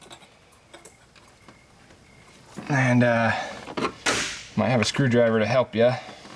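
Someone talks while handling the red plastic locking tab on a VCT solenoid wiring connector during the install of Ford Performance 5.0L Coyote High Strength VCT Solenoids on a 2013-2017 5.0L F-150; a screwdriver may be used to push the tab in. Faint ticks are heard near 0.8 s and a sharper knock at 3.8 s between stretches of speech. The clip ends before the tab locks, so nothing has seated or clicked yet.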